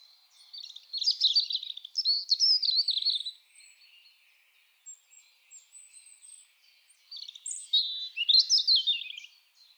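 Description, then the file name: European robin song: two rich bursts of rapid, tinkling, high-pitched notes and thin whistles, separated by a few seconds of softer, sparse notes. "Erithacus rubecula"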